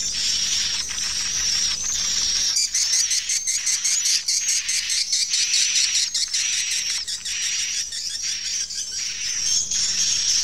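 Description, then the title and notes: Swiftlet chorus of shrill, crowded twittering, with rapid clicking pulses joining after the first two seconds or so. Swiftlet calls used in swiftlet bird farming in Asia. "Swiflet Bird Sound. Farming Swiflet Bird asia sound"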